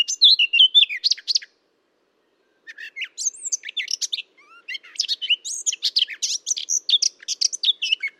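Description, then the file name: Eurasian blackcap song: a quick scratchy warble for about a second and a half, a pause, then a longer run of rapid chattering and twisting notes. "Sylvia atricapilla"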